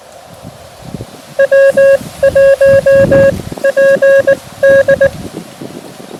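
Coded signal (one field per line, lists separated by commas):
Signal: Morse code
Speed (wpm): 19 wpm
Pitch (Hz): 550 Hz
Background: none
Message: W1PD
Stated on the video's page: Park activation using a repaired QMX with a CHA F-Loop 3.0 antenna; windy conditions, DX including Russia, and a Feld Hell signal causing interference.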